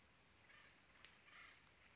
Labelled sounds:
Acorn Woodpecker
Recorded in Sonoma County, California

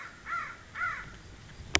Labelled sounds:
American Crow
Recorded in Sonoma County, California

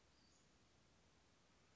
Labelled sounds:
Western Flycatcher
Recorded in Sonoma County, California

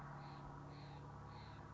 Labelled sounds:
Steller's Jay
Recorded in Sonoma County, California

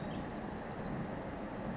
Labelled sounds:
Pacific Wren
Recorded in Sonoma County, California

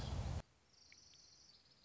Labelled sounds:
Orange-crowned Warbler
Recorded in Sonoma County, California

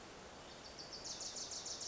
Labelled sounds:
Wilson's Warbler
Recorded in Sonoma County, California

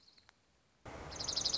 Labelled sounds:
Dark-eyed Junco
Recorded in Sonoma County, California

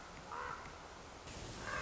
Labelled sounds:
Common Raven
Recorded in Sonoma County, California

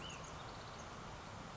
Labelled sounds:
Ash-throated Flycatcher
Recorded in Sonoma County, California

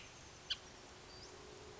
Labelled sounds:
Oak Titmouse
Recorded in Sonoma County, California

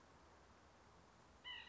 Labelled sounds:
White-breasted Nuthatch
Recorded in Sonoma County, California

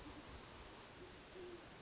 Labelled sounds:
Great Horned Owl
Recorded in Sonoma County, California

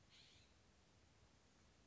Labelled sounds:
California Scrub-Jay
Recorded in Sonoma County, California

